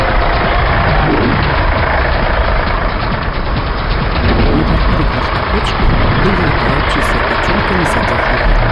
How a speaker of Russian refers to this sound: На Чан надвигается грузовик.